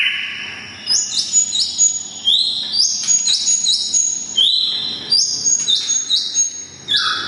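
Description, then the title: Oriental magpie-robin singing thin, very high whistles in rapid bursts, each short phrase sliding and repeated with brief pauses. "kacer"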